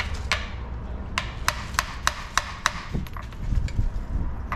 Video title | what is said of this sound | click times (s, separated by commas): 1981 Dodge D150 360 Engine Assembly and 727 Reseal (Project Plack Pearl) | Oh yeah, trying. Not fully seated yet back in the back. | 1.5 s, 1.8 s, 2.1 s, 2.4 s, 2.7 s